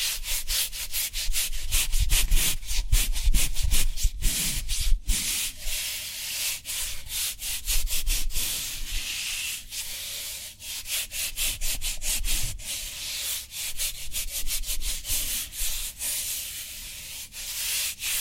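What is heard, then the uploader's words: Cork being rubbed and handled in a dense, scratchy stream of friction sounds, bright and hissy with frequent sharp clicks and taps. The rubbing runs steadily across the whole stretch, busiest in the first five seconds, with soft low thumps underneath. ASMR Cork Triggers. (No Talking).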